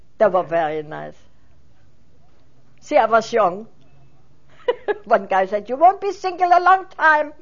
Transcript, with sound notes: They were very nice. See, I was young. (she laughs) One guy said, "You won't be sing;e a long time."